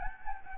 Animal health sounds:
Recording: mosquito wingbeat signal from an infrared sensor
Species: Anopheles gambiae

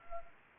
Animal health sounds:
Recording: mosquito wingbeat signal from an infrared sensor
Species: Anopheles arabiensis

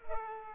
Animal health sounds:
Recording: mosquito wingbeat signal from an infrared sensor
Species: Culex pipiens

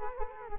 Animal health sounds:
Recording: mosquito wingbeat signal from an infrared sensor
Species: Culex quinquefasciatus

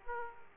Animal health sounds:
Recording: mosquito wingbeat signal from an infrared sensor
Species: Aedes aegypti

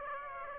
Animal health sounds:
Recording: mosquito wingbeat signal from an infrared sensor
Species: Aedes aegypti

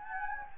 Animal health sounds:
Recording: mosquito wingbeat signal from an infrared sensor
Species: Anopheles gambiae

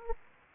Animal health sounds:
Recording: mosquito wingbeat signal from an infrared sensor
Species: Anopheles gambiae

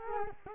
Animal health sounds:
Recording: mosquito wingbeat signal from an infrared sensor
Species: Culex quinquefasciatus

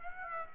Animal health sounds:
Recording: mosquito wingbeat signal from an infrared sensor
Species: Aedes aegypti

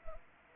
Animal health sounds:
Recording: mosquito wingbeat signal from an infrared sensor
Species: Anopheles arabiensis

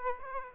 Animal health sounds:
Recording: mosquito wingbeat signal from an infrared sensor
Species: Aedes aegypti

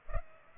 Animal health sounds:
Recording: mosquito wingbeat signal from an infrared sensor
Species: Culex pipiens

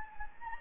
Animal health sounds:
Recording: mosquito wingbeat signal from an infrared sensor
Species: Anopheles gambiae

